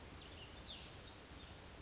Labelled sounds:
Cassin's Vireo
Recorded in Sonoma County, California

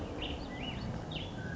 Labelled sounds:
Black-headed Grosbeak
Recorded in Sonoma County, California

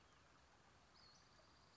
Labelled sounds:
Western Flycatcher
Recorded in Sonoma County, California

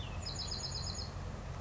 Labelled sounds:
Chestnut-backed Chickadee
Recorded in Sonoma County, California

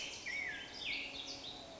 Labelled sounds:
Black-headed Grosbeak
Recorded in Sonoma County, California

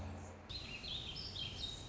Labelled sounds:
Anna's Hummingbird
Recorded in Sonoma County, California

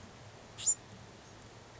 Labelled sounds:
Bewick's Wren
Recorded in Sonoma County, California

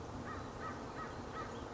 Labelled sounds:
American Crow
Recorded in Sonoma County, California

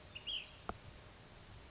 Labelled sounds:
Ash-throated Flycatcher
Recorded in Sonoma County, California

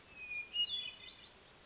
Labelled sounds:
Hermit Thrush
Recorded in Sonoma County, California

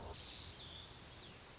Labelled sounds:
Pacific Wren
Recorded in Sonoma County, California

